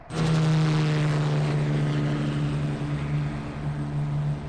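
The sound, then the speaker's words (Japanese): A construction helicopter flies overhead, droning steadily for several seconds. Its engine and rotor make a loud, continuous low hum with a strong buzzing tone, and there are no voices. “まだ結構飛ぶな、工事のヘリ。”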